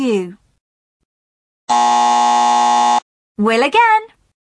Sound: buzzer